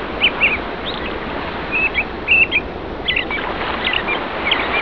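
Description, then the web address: Bird chirps: short sharp chirped notes in small bursts, a pair at the start and clusters through the middle and end, over a constant background hiss. "特酷声音素材库 动物 鸟 Bird"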